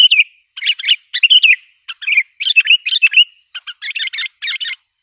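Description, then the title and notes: Sooty-headed bulbul song: busy run of bubbly, chattering warbled phrases with brief pauses between them. "Kicau Burung Kutilang"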